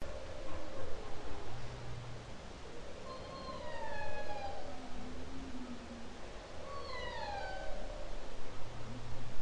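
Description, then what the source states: Humpback whale song: two series of high descending, stacked whistled notes, with a quieter low moan between them over a noisy background. Humpback whale song, October 2012.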